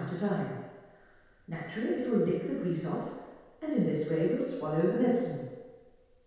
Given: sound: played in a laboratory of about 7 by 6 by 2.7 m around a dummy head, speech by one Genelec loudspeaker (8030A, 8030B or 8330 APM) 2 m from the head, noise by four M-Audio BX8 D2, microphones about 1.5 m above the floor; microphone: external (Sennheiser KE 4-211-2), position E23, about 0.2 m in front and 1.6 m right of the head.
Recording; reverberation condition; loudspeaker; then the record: female speech in English; high; 150 degrees to the right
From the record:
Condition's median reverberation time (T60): about 1300 ms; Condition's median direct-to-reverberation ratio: about -4.0 dB